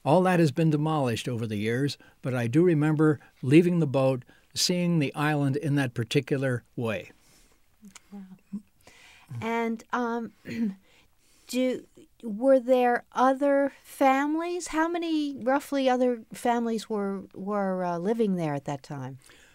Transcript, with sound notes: All that has been demolished over the years, but I do remember leaving the boat, seeing the island in that particular way.
Wow. And [clears throat] do — were there other families? How many, roughly, other families were — were living there at that time?